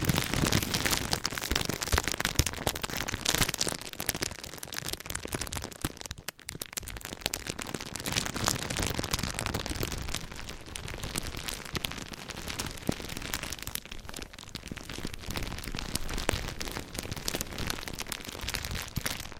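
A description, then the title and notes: Crinkling sounds run nearly nonstop, a dense stream of soft crackles and rustles that reach from low to very bright. The texture stays fairly even, with brief dips near 6 seconds and around 14 seconds, and slightly louder passages at the start. ASMR Slow & Gentle Crinkle Triggers. (No Talking).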